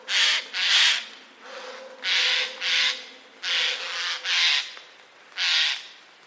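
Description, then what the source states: Eurasian jay giving seven grating, hoarse screeches in an irregular series, mostly in pairs. Recorded 24 October 2021.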